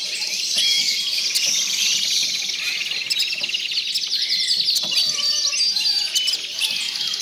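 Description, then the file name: Tropical birds singing: a dense chorus of high chirps and twittering, with some lower whistled notes, over a steady high insect-like buzz. "Authentic Sound Effects - Tropical Birds"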